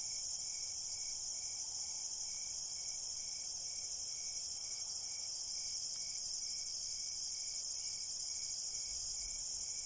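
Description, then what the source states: Crickets chirping in rapid regular pulses over a shrill drone; the pulsing briefly drops out around two seconds, then resumes. Crickets at night in a cornfield.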